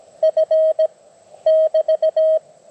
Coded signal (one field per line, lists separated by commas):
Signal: Morse code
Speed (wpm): 21 wpm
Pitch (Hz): 590 Hz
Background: none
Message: F <BT>